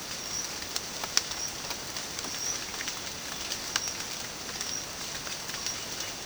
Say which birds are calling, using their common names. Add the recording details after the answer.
Peruvian Warbling Antbird. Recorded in dense forest near Puerto Asís, Putumayo, Colombia, on 27 June 2025 at 06:30. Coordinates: 0.484, -76.317. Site G045